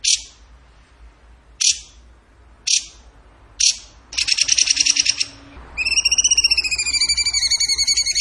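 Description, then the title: Bird song: four sharp high notes at uneven intervals, a rapid trill, then a long series of fast repeated notes with overtones. Song in the tembakan gacor style, used for training cage birds. "Masteran Burung Tembakan Gacor"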